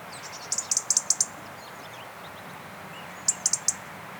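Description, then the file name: European robin song: a burst of several sharp, very high ticking notes in quick succession, then a pause and three more. A faint background hiss continues throughout. "Erithacus rubecula"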